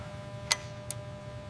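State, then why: Torque reached. A click-type torque wrench tightens an engine fastener near the piston rings during an engine rebuild. A sharp metallic click at 0.5 s marks the wrench breaking over at its specified setting, followed by a fainter, shorter tick at 0.9 s over a low steady hum. The fastener has reached its specified torque.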